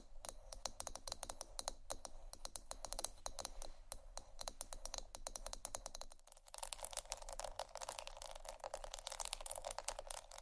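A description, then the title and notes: Fast tapping and scratching, with dense crisp clicks and rasping strokes running almost without pause. Around six seconds there is a brief dip, then the scratching returns brighter and busier, a continuous crinkly texture over a faint low hum. ASMR Fast Tapping & Scratching （No Talking）.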